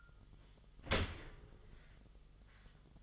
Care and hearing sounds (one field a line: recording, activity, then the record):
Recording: daily activity, microphone in the room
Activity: open dishwasher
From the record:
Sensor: 4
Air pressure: 1005.6 hPa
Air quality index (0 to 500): 113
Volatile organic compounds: 3 ppm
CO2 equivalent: 1409 ppm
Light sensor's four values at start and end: 11/25/10/10 and 11/25/10/10